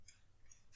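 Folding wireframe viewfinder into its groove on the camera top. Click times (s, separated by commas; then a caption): 0.1 s, 0.5 s. The spring-loaded folding wireframe viewfinder on top of a vintage Voigtländer folding rollfilm camera is raised until its peg sits in the groove at the end. Two small metallic clicks are heard at 0.1 s and 0.5 s as the frame snaps into place and seats.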